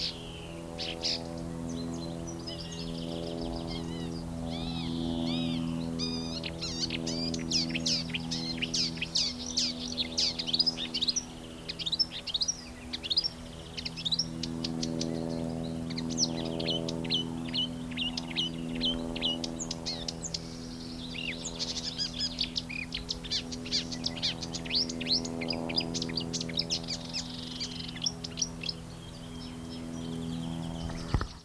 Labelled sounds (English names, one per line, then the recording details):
Marsh Warbler
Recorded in the wild
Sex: male
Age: adult
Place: Karower Teiche, Naturpark Barnim, Berlin, DE
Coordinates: 52.622, 13.46
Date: 1992-05-16 11:20
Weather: sonnig, ca. 20-22°C
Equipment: Nagra SN, Mikrofon AKG CK 8, Kopie Tesla B 116
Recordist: Tembrock, Günter